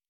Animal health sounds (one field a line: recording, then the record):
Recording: hydrophone in a shrimp aquaculture tank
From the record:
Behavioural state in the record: normal